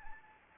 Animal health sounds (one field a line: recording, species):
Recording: mosquito wingbeat signal from an infrared sensor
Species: Anopheles gambiae